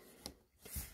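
The metal emergency key of a fifth-generation (N280) Toyota 4Runner key fob is slid back into its slot in the closed plastic fob housing. One short, sharp click at 0.3 s marks it latching into place, followed by a softer, broader rustle near the end. The key is seated.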